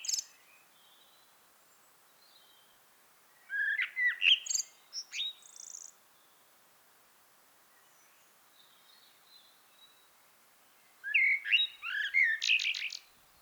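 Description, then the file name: Common blackbird song: two rich whistled phrases with high, scratchy twittered endings, separated by about five seconds of soft background hiss. "Turdus merula"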